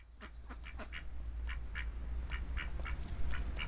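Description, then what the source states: Duck giving quick runs of short quacks, with thin high bird notes in the background. Two ducks living in Parque do Mandanelho, Oliveira do Hospital.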